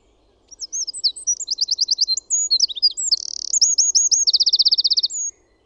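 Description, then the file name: Eurasian wren song: a loud, rapid, high-pitched outpouring of varied twittering notes, buzzy trills and fast rattling runs, lasting about five seconds. "PEUKALOINEN"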